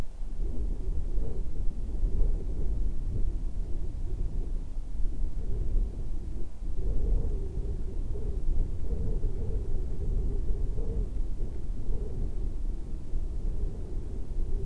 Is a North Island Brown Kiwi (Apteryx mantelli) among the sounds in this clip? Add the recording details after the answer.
no. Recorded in New Zealand on 2 February 2014. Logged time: 22:59. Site CA73